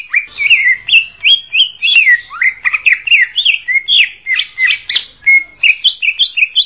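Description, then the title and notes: Greater green leafbird giving a continuous medley of clear whistles, short slurred phrases and chirps, delivered in steady rhythmic bursts. Champion songbird. "Kicau Burung Cucak Ijo Juara. Suara kicauan burung cucak ijo"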